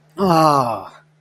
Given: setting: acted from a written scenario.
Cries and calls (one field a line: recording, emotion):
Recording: vocal sound without words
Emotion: disappointment